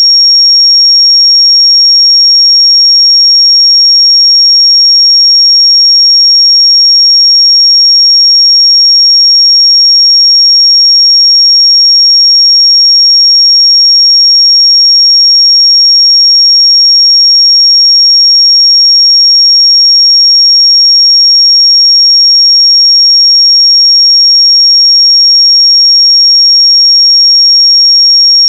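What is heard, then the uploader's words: A pure sine tone at 5564 Hz sounds continuously for the whole clip, thin and high-pitched. Its level stays perfectly constant with no wavering, breaks or other sounds behind it, apart from a faint click at the very end. 5564 Hz 1 Hz Interval Sine Pure Tone Frequency 441000 Sample Mono.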